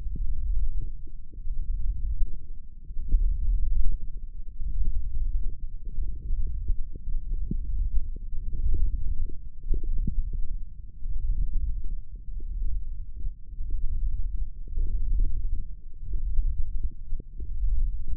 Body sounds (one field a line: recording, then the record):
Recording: forearm muscle sounds (acoustic myography)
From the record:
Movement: thumb flexion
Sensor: system 1, eight BSWA MPA416 microphones around the upper forearm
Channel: 5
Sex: female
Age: 22 years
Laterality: right